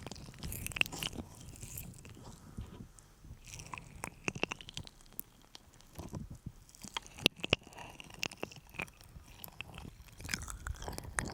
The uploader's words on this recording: ASMR Sticky Honey Ear Massage (No Talking).